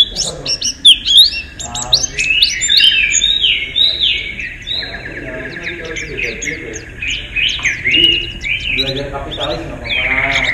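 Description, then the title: White-eye song: a long, dense, rapid run of high twittering and chirping notes with many quick slurs, continuing almost without pause, over a steady faint hum. "Pleci. Haji Ifa Kudus"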